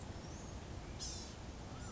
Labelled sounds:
Blue-gray Gnatcatcher (Polioptila caerulea)
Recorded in Sonoma County, California

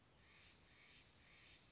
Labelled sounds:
Steller's Jay (Cyanocitta stelleri)
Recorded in Sonoma County, California

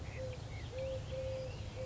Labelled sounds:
Eurasian Collared Dove (Streptopelia decaocto)
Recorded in Sonoma County, California

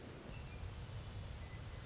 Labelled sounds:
Orange-crowned Warbler (Leiothlypis celata)
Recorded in Sonoma County, California

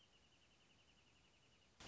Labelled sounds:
Wrentit (Chamaea fasciata)
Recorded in Sonoma County, California

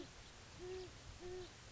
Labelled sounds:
Great Horned Owl (Bubo virginianus)
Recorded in Sonoma County, California

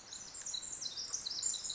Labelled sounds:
Pacific Wren (Troglodytes pacificus)
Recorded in Sonoma County, California

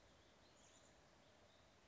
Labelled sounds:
Chestnut-backed Chickadee (Poecile rufescens)
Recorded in Sonoma County, California

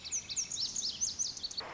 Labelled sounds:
Lazuli Bunting (Passerina amoena)
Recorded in Sonoma County, California

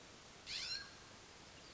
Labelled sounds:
Mountain Quail (Oreortyx pictus)
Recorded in Sonoma County, California

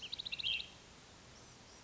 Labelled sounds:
Ash-throated Flycatcher (Myiarchus cinerascens)
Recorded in Sonoma County, California

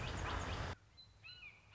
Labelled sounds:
Red-shouldered Hawk (Buteo lineatus)
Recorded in Sonoma County, California

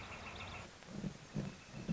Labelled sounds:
Northern Flicker (Colaptes auratus)
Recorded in Sonoma County, California

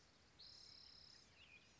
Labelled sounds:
Spotted Towhee (Pipilo maculatus)
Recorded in Sonoma County, California

